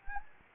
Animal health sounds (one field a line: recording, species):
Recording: mosquito wingbeat signal from an infrared sensor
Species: Anopheles gambiae